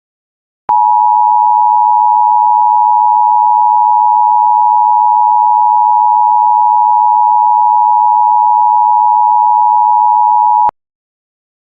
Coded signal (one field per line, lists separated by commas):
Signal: Emergency Alert System (SAME) tones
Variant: 853 and 960 Hz attention tone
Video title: The National Emergency part 1 EAS scenario ￼